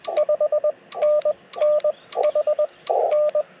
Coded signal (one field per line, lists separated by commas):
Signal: Morse code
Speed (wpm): 19 wpm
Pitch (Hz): 600 Hz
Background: radio noise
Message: 5NN H N